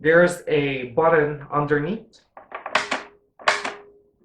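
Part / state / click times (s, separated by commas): embroidery module on sewing machine bed / released / 2.8 s, 3.5 s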